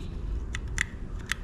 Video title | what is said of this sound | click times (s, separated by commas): Installing 2JZ-GE Throttle Lock by Xcessive Manufacturing on the IS300. | Hear that click into place? | 0.8 s